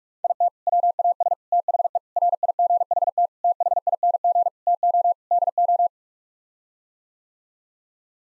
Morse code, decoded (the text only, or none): IT WAS THE RIGHT THING TO DO